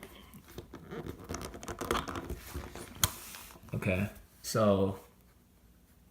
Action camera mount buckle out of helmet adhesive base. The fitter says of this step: unsnap it and show you what I mean okay